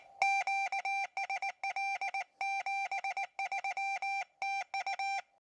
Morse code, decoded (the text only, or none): QSL 73 TU